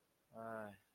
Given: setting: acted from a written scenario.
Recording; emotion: vocal sound without words; romantic love